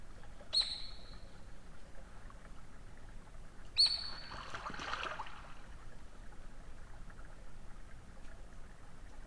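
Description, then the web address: Eurasian otter producing two high thin whistles about three seconds apart, the second followed by a soft splashing, rushing noise. "saukko lauri hallikainen. saukon voi loytaa sulapaikan liepeilta"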